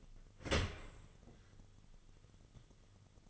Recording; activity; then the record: daily activity, microphone in the room; open dishwasher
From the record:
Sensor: 4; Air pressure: 1005.7 hPa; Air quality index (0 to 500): 109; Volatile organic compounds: 3 ppm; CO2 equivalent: 1362 ppm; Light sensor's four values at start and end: 12/27/11/10 and 11/25/10/10